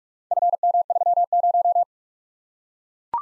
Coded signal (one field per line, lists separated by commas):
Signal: Morse code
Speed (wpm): 41 wpm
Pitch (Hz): 700 Hz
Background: none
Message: FM30